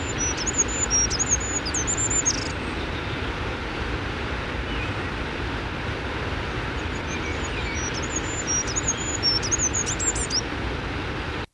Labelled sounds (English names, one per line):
Goldcrest song